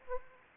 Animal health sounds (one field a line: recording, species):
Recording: mosquito wingbeat signal from an infrared sensor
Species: Aedes aegypti